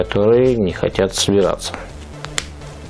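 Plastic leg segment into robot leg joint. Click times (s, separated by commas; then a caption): 2.2 s, 2.4 s. A plastic leg segment of a snap-together toy robot, one that would not go together, is pressed into the robot's leg joint while someone talks. Two sharp snaps are heard at 2.2 and 2.4 seconds as the leg parts click together and seat.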